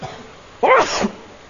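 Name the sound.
sneeze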